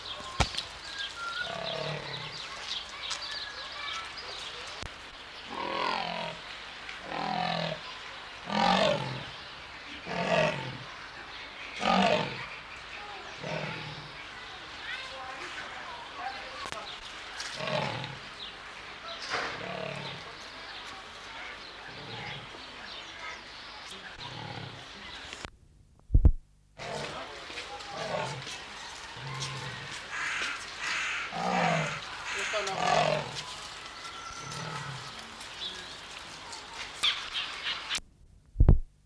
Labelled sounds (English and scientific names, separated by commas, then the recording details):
Leopard (Panthera pardus)
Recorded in captivity
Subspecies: orientalis
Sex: male
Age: adult
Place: Zoo Berlin, Berlin, DE
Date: 1995-03-04 13:14
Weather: heiter bis wolkig, 1 - 5 °C
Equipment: Marantz CP 130, Sennheiser ME 80, Kopie Uher Variocord 263
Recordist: Tembrock, Günter
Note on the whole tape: Persischer Leopard (P. p. saxicolor): Männchen läuft umher, dabei Laute. Entfernung: ca. 4 - 5 m